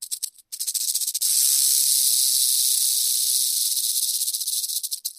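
Rattlesnake rattle: a few dry clicks, then a steady, high, hissing buzz that holds for about three seconds before breaking back into quick pulses.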